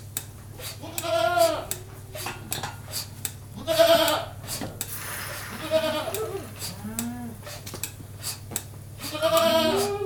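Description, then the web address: Goat giving several bleats, mixed with sharp mechanical clicks, clattering and a steady low drone of machinery. Goat being milked by machine; livestock. "The BBC Sound Effects Library. Goat Milked by Machine"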